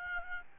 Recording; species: mosquito wingbeat signal from an infrared sensor; Aedes albopictus